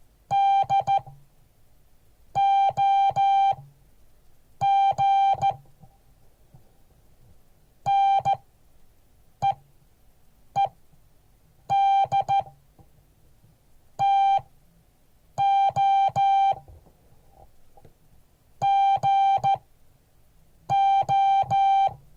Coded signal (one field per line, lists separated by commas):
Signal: Morse code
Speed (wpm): 13 wpm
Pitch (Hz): 790 Hz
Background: none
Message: DOG NEED TO GO